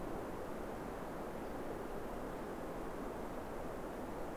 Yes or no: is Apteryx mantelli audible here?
no